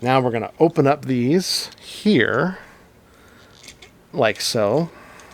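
Someone talks while converting a Transformers Legacy Wild Rider transforming action figure, opening two plastic parts so they can be pressed together at their connecting joints. Quiet handling taps come at about 3.6 s and 3.8 s, then more talk follows. The clip ends before the joints snap together, so nothing has seated yet.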